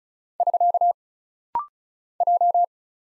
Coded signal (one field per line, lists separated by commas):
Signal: Morse code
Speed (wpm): 36 wpm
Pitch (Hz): 700 Hz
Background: none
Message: <SK> J